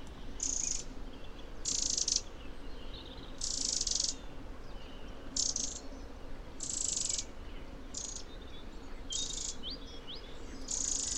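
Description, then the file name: Eurasian wren: loud, high trilled bursts about half a second long, repeated every one to two seconds, over a steady low background hum. "Troglodytes troglodytes"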